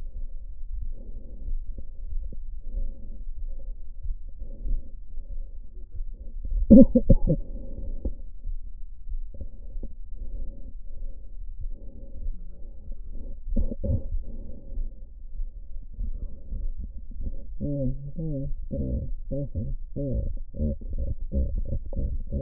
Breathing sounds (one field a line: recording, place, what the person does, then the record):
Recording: lung sounds by stethoscope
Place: left posterior apical chest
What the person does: quiet breathing, then cough and speech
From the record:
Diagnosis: interstitial lung disease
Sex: female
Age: 68 years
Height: 152 cm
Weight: 76 kg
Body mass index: 32.9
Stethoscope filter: diaphragm mode